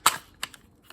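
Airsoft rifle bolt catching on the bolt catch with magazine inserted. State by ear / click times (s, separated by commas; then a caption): not seated / none. The bolt of a G&P CAR-15 gas blowback airsoft rifle, fitted with an ill-fitting magazine, is pulled back to lock it, a catch that holds only weakly. A loud, sharp clack is heard at about 0.1 s, followed by fainter ticks around 0.4, 0.5, 0.9 and 1.0 s. Nothing has seated yet when the clip ends.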